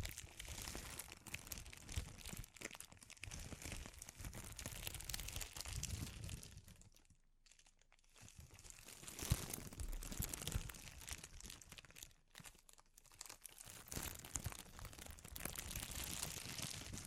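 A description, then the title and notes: Dense crinkling of a thin material, a constant flurry of crisp crackles and crunches. The handling thins out into near silence around seven to eight seconds and again briefly near twelve to thirteen seconds, then resumes just as busy. ASMR Sensitive Crinkles (No Talking).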